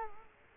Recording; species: mosquito wingbeat signal from an infrared sensor; Culex quinquefasciatus